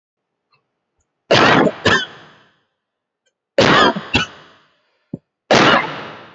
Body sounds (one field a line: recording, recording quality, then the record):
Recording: heavy voluntary cough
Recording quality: excellent, no background noise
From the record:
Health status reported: healthy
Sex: male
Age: 27 years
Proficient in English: yes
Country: India